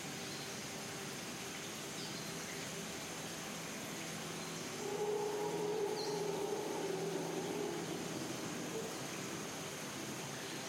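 A rainforest scene with a steady, dense rush like falling water running throughout. Faint high chirps slip in near two and six seconds, and from about five to nine seconds a louder wavering low tone swells over the bed before easing back.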